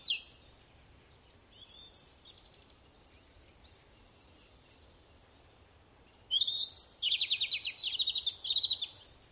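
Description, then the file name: European robin song: long quiet stretch with faint high notes, then a clear, fast, trilling high-pitched phrase near the end. "Erithacus rubecula"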